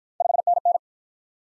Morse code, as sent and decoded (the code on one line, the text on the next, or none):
..... -. -.
5NN